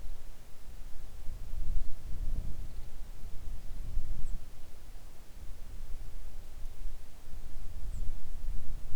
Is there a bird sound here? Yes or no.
yes